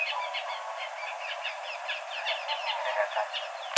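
Bird twittering, quick series of short chirped notes that rise and fall, steady chattering across the whole stretch, ending in a sharp click.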